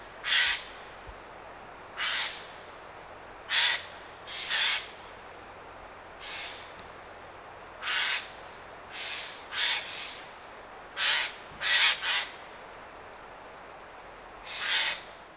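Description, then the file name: Eurasian jay calling with scattered short, harsh rasps, single or doubled, at irregular intervals. "Garrulus glandarius"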